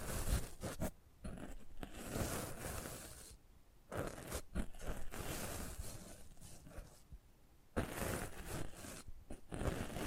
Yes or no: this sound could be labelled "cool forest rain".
no